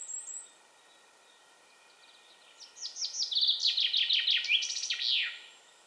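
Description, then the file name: Common chaffinch: a brief high note, a pause, then a descending trill with an emphatic ending flourish. "Fringilla coelebs"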